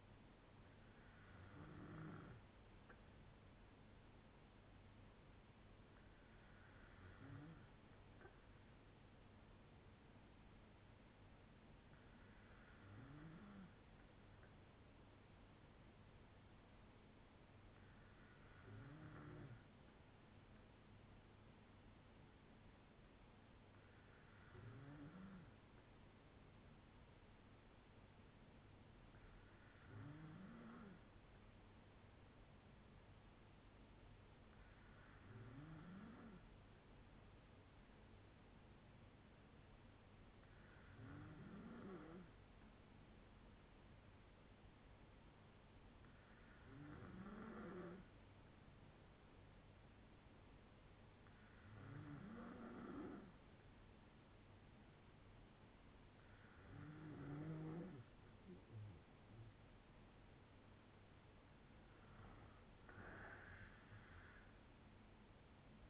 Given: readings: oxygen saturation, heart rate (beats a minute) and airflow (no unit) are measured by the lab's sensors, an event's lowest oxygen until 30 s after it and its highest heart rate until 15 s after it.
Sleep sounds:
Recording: breathing in sleep by a voice recorder at the bedside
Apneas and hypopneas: none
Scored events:
none scored
From the record:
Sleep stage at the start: N2 (light sleep)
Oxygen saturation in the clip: 94 to 95%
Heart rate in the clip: 58 to 79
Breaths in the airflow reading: 12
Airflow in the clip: -6.7 to 8.0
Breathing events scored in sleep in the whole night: 182 in 7.4 hours asleep

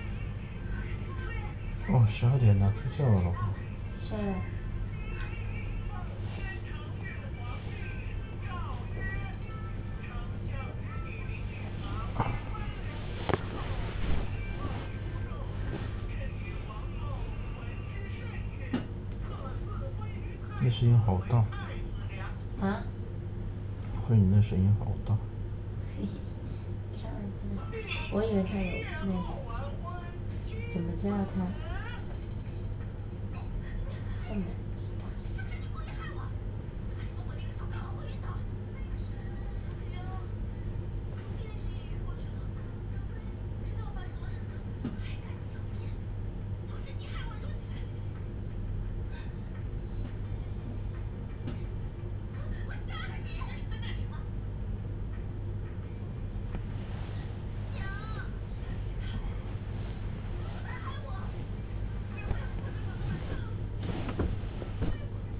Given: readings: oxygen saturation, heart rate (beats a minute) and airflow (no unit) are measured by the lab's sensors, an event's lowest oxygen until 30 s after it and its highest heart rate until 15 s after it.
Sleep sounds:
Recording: a person awake in a sleep study, by a smartphone at the bedside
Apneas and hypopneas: none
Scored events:
3.00-65.40 s: awake
From the record:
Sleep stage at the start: awake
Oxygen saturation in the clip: 94 to 97%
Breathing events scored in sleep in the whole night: 310 in 8.1 hours asleep

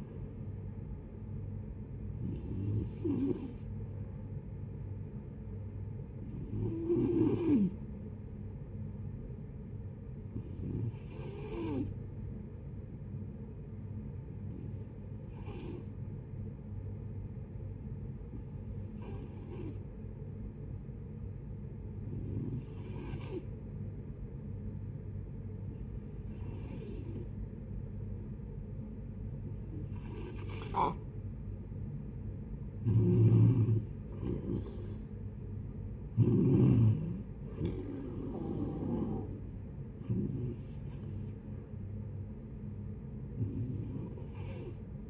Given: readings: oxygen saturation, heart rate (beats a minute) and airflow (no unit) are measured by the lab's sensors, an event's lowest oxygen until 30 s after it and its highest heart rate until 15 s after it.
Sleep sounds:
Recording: breathing in sleep by a smartphone at the bedside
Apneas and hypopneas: 1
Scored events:
3.00-33.00 s: new sleep stage, N1 (lightest sleep)
4.00-31.90 s: hypopnea (N1, oxygen 96% highest, then 88% lowest, heart rate 61 at the start, 71 highest)
33.00-45.10 s: new sleep stage, N2 (light sleep)
From the record:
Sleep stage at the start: N2 (light sleep)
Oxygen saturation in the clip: 87 to 96%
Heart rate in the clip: 59 to 71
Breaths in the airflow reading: 12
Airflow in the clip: -6.6 to 11.5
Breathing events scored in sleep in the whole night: 496 in 5.4 hours asleep

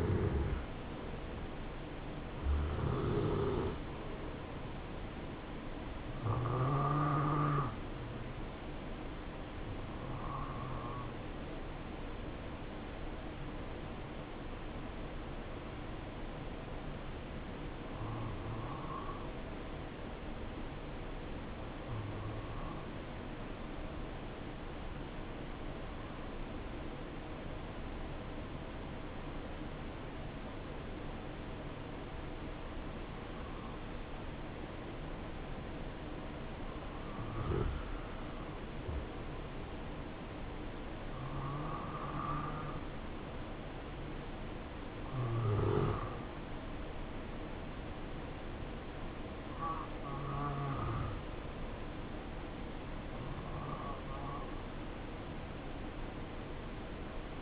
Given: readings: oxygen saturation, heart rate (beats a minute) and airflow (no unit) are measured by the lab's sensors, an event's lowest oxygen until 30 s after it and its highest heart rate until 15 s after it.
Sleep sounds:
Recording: breathing in sleep by a voice recorder at the bedside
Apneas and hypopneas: 1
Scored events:
12.00-36.40 s: obstructive apnea (N2, oxygen 94% highest, then 90% lowest, heart rate 68 at the start, 68 highest)
From the record:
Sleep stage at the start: N2 (light sleep)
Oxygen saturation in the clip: 88 to 94%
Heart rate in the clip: 60 to 68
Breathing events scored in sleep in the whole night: 277 in 7.4 hours asleep

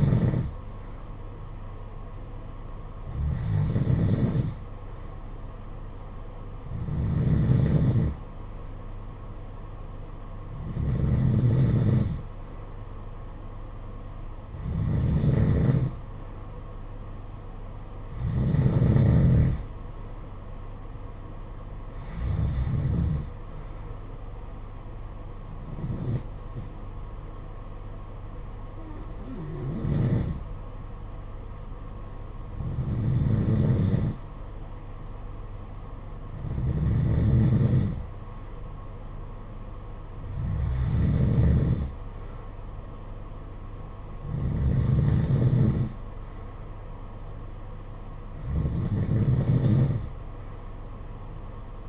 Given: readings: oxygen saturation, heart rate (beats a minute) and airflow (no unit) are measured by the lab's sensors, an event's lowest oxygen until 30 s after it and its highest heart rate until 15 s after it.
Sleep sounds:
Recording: breathing in sleep by a smartphone at the bedside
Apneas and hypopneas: none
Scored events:
none scored
From the record:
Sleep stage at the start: N2 (light sleep)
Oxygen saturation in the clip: 91 to 93%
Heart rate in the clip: 50 to 57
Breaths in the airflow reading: 14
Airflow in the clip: -9.6 to 7.1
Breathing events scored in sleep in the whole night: 476 in 9.7 hours asleep

